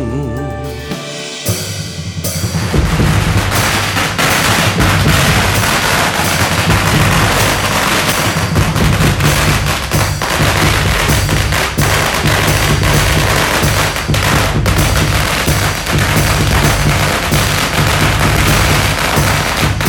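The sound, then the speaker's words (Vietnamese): A loud, continuous barrage of New Year's Eve firecrackers and fireworks bursting everywhere in celebration crackles and pops in rapid, dense bursts for nearly the whole stretch, over a steady low rumble. “Pháo hoa tung bừng khắp nơi vui mừng, mùi bánh chưng xanh tỏa thơm lừng.”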